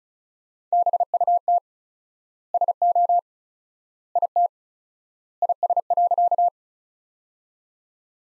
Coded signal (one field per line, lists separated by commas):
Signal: Morse code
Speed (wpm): 36 wpm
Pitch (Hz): 700 Hz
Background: none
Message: BUT SO IT IS.